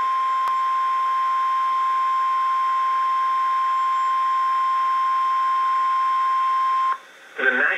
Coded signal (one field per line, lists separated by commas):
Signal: Emergency Alert System (SAME) tones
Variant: 1050 Hz attention tone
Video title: Severe Thunderstorm Warning (EAS #1,993) - April 13, 2019